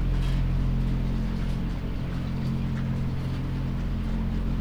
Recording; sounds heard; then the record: poultry house recording; sick chickens (respiratory disease)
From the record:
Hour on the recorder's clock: 20